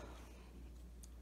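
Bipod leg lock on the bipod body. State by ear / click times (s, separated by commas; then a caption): released / 1.0 s. A bipod leg lock on the bipod body is squeezed to release it so the leg can retract, over a steady low hum. A single sharp, high click sounds at 1.0 s as the lock lets go, and the leg lock is released.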